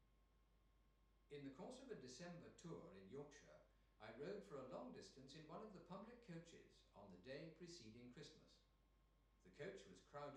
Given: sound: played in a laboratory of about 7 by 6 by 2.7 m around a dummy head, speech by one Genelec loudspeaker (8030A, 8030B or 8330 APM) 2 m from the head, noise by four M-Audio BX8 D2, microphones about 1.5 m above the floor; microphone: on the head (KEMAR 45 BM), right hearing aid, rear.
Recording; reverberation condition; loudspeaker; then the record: male speech in English; medium; 150 degrees to the left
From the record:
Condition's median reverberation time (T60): about 510 ms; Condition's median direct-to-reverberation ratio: about -0.5 dB